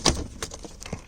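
Someone presses hard on the locking tab of a wiring harness connector at the back of a 1996–2000 Honda Civic instrument cluster during speedometer replacement, and the latch gives a sharp click at 0.1 s. Several softer clicks and knocks follow as the connector is pulled off. The latch is released and the connector is free.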